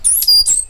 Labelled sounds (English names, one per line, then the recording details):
Stitchbird song
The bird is a male
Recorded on Tiritiri Matangi Island, New Zealand, in 2005
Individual 8, of nest box 10